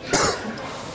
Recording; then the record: coughing mixed with background sound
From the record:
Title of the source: 31 night wet cough